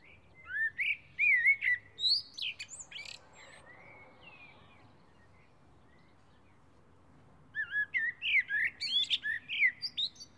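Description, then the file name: Common blackbird delivering warbling whistled phrases with high twittering ends, a pause of a few seconds, then another fuller phrase. "Turdus merula"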